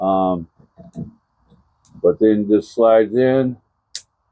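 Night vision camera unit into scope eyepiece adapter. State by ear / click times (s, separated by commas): seated / 4.0 s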